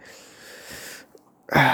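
After about a second of faint room hiss and a short quiet gap, a single loud, explosive burst breaks in near the end and is cut off. It is an adult man's harsh cough, from a cough that has not yet healed but has lessened.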